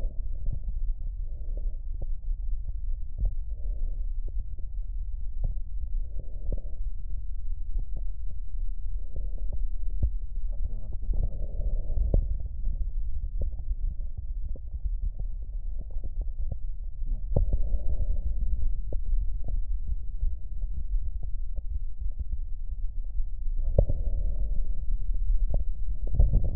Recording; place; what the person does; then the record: lung sounds by stethoscope; right posterior apical chest; quiet breathing, then deep breathing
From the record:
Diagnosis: COPD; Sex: female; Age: 68 years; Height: 150 cm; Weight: 70 kg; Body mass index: 31.1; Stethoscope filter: extended mode